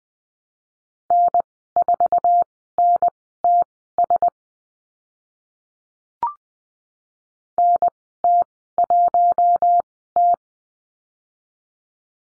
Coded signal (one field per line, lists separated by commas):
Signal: Morse code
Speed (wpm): 20 wpm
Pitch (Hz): 700 Hz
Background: none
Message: N4NTS NT1T